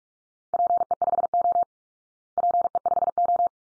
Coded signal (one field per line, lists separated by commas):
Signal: Morse code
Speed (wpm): 44 wpm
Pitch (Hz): 700 Hz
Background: none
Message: PE5O PE5O